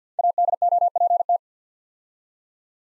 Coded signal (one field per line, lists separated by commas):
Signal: Morse code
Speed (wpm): 53 wpm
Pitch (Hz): 700 Hz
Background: none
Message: ADOPT